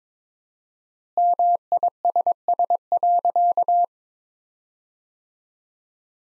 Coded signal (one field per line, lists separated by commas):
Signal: Morse code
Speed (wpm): 22 wpm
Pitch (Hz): 700 Hz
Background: none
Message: MISS.